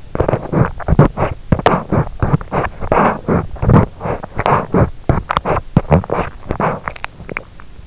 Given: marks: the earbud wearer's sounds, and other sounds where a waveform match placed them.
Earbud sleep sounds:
sounds in sleep by an in-ear microphone; teeth grinding
0.00-7.81 s: teeth grinding

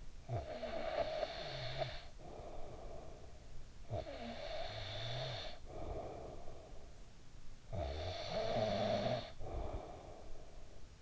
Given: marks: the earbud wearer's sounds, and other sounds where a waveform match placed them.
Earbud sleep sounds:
sounds in sleep by an in-ear microphone; snoring breath
0.00-11.02 s: snoring breath

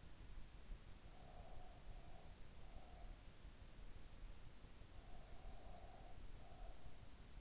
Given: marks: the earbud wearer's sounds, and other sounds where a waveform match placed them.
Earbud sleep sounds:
sounds in sleep by an in-ear microphone; breath
0.78-3.56 s: breath
4.79-7.41 s: breath

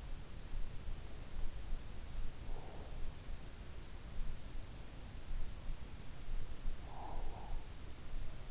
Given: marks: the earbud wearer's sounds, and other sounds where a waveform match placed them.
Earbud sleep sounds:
sounds in sleep by an in-ear microphone; breath
2.29-2.86 s: breath
6.80-7.59 s: breath

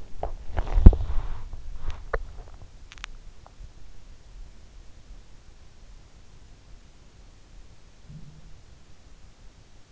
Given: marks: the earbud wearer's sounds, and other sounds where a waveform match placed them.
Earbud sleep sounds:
sounds in sleep by an in-ear microphone; swallowing
0.00-3.03 s: swallowing

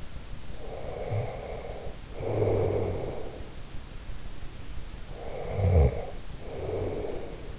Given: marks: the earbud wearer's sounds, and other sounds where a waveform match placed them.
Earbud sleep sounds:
sounds in sleep by an in-ear microphone; snoring breath
0.51-3.68 s: snoring breath
5.11-7.59 s: snoring breath

